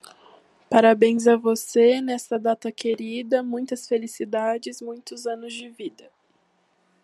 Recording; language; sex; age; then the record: short text; Brazilian Portuguese; female; 20 to 29 years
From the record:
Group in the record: control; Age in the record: 20 years